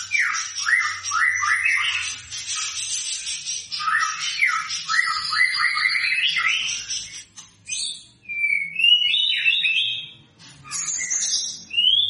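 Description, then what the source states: White-rumped shama song: strings of quick looping slurred notes, followed by sparser whistled phrases and short gaps. Lure sound of an actively singing bird, meant to provoke a quick response from other shamas.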